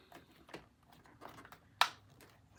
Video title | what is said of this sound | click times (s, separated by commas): Hoover Evolve cordless vacuum (Pet version) | Snaps back in. | 1.8 s